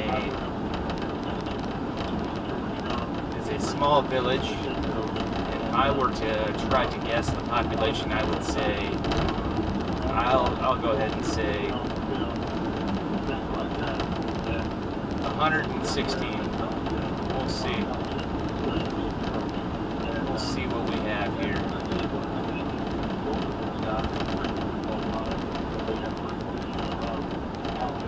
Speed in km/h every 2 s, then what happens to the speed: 109, 109, 109, 108, 109, 109, 109, 109, 109, 109, 109, 109, 109, 109.
0-25 steady at about 109.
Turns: none.